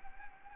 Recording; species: mosquito wingbeat signal from an infrared sensor; Anopheles gambiae